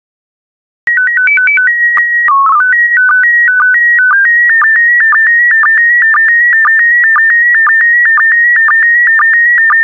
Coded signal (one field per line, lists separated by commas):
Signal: SSTV (slow-scan television)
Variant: PD 120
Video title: 144078 California Coasts SSTV PD120